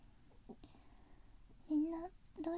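Two short, tonal gurgling growls over quiet room noise, a normal adult stomach rumble.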